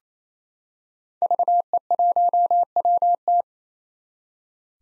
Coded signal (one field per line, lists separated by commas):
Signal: Morse code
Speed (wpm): 28 wpm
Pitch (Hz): 700 Hz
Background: none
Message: VE1WT